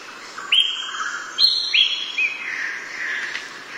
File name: Canto do pirolle verde